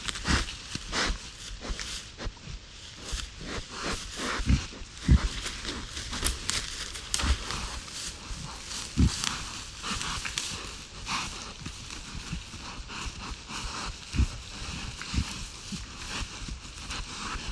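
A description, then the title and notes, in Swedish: Red deer soundscape with a dense, restless run of short knocks and rustles, occasional heavier thumps near 5 and 9 seconds. Kronhjortarnas ljudvärld. Tänk dig en helt stilla kväll i början av september. Solen har precis gått ner och du sitter i skogsbrynet, framför dig ligger en blommande klövervall. Det är kronhjortarnas brunsttid och här i området går det flera stora hanar.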